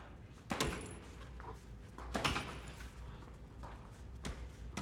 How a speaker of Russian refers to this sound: Алла закрывает перед Сафроновым дверь.